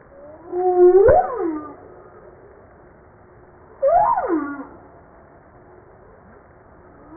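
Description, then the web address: Humpback whale song: two harmonic units, each sliding up sharply then swooping down, about three seconds apart, with quiet hiss between. Recorded 5 March 1994. "humpback 940305"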